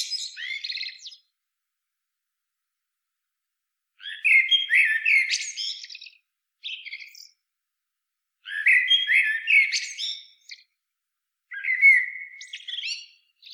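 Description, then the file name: Common blackbird delivering a series of varied song phrases, warbled whistles tangled with scratchy high twitters, spaced by pauses. "Turdus merula"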